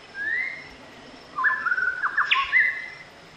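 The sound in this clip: White-rumped shama song opening with a long whistled note, then after a pause a rich, varied phrase of fluty warbles and a sharp rising flourish, against quiet background hiss.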